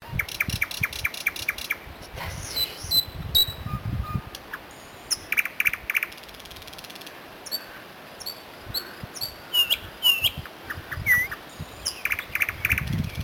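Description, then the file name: Several birds calling with bright chirps, quick trills and upslurred whistles, irregular and overlapping, against constant background hiss. Recorded on the island of Rügen. "heikm. Vogel auf Ruegen"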